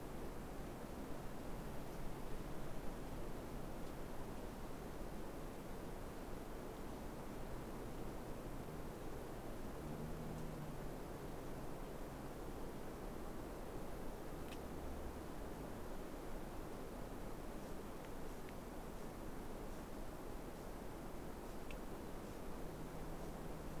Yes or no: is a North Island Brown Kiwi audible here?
no